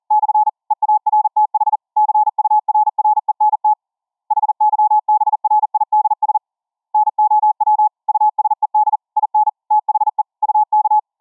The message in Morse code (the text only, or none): / EARTH CURRENT HYBRIDS NOW USED IN THE UK